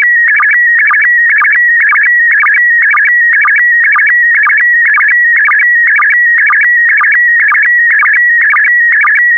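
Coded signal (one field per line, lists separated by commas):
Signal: SSTV (slow-scan television)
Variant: PD120 mode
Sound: warbling whistle-like tone with steady rhythmic chirps about twice a second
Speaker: complete. You can now check your decoded image against the picture that is shown on the video.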